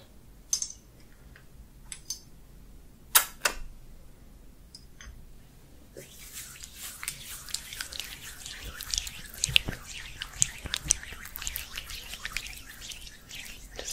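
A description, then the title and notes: Face massage with oil: for the first six seconds, only a few sharp, isolated taps and clicks sound against near silence. Then a steady, dense stream of slick, wet rubbing and crackly squelches sets in and continues bright and busy to the end. ASMR Oil Face Massage & Facial Treatment Roleplay for Sleep face touching personal attention.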